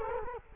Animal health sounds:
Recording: mosquito wingbeat signal from an infrared sensor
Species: Culex quinquefasciatus

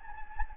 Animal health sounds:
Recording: mosquito wingbeat signal from an infrared sensor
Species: Anopheles gambiae

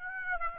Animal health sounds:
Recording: mosquito wingbeat signal from an infrared sensor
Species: Aedes aegypti

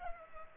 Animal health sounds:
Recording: mosquito wingbeat signal from an infrared sensor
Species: Culex pipiens

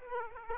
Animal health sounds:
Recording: mosquito wingbeat signal from an infrared sensor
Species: Aedes aegypti

